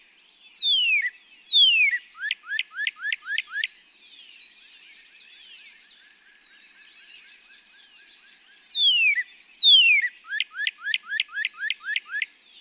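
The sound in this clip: Northern Cardinal song: two long down-slurred whistles leading into a quick run of short, sharp falling notes, heard twice.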